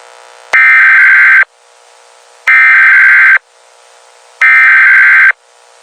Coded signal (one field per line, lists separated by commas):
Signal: Emergency Alert System (SAME) tones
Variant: header bursts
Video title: 95.7 WKML BE LIKE IN EAS ELERTS